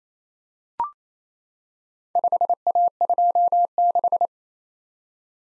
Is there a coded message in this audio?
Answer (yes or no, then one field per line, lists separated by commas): yes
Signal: Morse code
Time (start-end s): 2.2-4.3 s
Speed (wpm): 29 wpm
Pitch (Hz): 700 Hz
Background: none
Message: 5A26